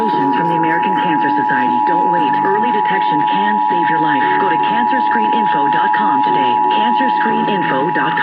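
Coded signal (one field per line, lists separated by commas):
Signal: Emergency Alert System (SAME) tones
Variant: 853 and 960 Hz attention tone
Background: speech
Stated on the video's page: Ohio Required Weekly Test on EAS/NOAA Weather Radio.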